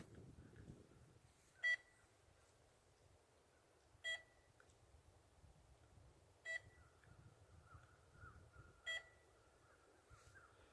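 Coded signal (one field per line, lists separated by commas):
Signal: alarm pattern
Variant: RC model lost-model locator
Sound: four short high beeps around 2 kHz, repeating evenly every couple of seconds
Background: outdoor wind rumble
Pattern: 4 short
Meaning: Locator alarm helping the owner find the lost model plane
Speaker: I just fine our air planet making this sound you know trying to find its owner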